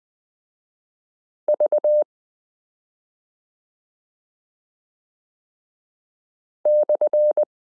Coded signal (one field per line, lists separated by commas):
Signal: Morse code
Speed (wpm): 20 wpm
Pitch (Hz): 600 Hz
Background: none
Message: V /